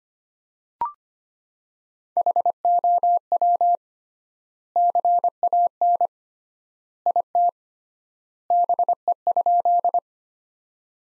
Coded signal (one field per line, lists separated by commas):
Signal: Morse code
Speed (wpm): 25 wpm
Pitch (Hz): 700 Hz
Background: none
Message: HOW CAN IT BE?